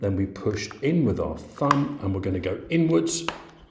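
Someone talks while fitting the plastic locking key that holds the rear LED indicator circuit board into a Weisertechnik Legacy 1 dual and triple function LED indicator housing on a BMW R1200GS/A motorcycle. The key is offered up at an angle onto the locating pins and pushed inwards with the thumb, with soft handling taps under the voice. Nothing has seated or clicked yet.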